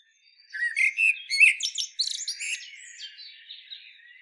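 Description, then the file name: Common blackbird singing one continuous phrase of quick warbled notes that dissolves into soft high twittering. "Turdus merula"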